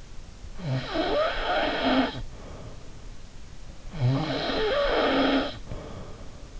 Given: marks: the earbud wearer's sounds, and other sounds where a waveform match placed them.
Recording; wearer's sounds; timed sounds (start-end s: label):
sounds in sleep by an in-ear microphone; snoring breath
0.60-2.95 s: snoring breath
3.85-6.50 s: snoring breath